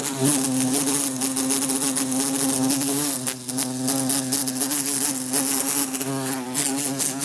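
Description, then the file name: Bumblebee droning in a steady buzz, punctuated by rapid tapping throughout. Bumblebee trying to escape through a closed window. "Bumblebee trying to escape thru closed window"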